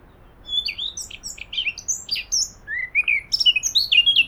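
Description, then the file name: Eurasian blackcap song of quick, varied chirping notes followed by a burst of clearer, slurred whistles toward the end. "Sylvia atricapilla"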